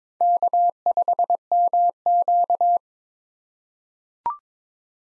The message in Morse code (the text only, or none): K5MQ